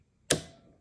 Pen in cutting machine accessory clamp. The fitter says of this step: drop this in here and then you have to kind of push down and you'll hear it listen and you'll hear a click